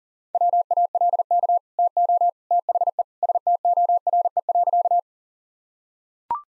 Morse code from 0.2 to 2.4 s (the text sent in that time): WALK TO